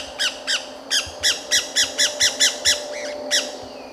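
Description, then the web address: Pyrrhura parakeet calls: a series of about twelve short, harsh screeches with uneven gaps, over a faint steady hum. "parrots pyrrhura"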